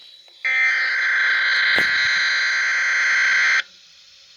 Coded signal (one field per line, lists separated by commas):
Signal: Emergency Alert System (SAME) tones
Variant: header bursts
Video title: EAS #13 MY FIRST WATCH!!! WINTER STORM WATCH